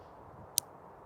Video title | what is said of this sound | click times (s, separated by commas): Dewalt MAX FIT locking bit adapter testing not bad BUT…. | And it's just so positive. When you click it, look, I'm gonna put it close to the mic. | 0.6 s